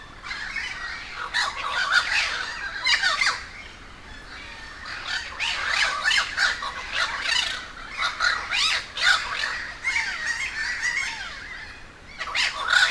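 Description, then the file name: Crows giving harsh squawking calls in a busy chorus, bursts of overlapping caws broken by a brief lull partway through. A gathering of many crows at Humboldt Park, Cuba. "aaron ximm-humbold park cuba-convocation of crows"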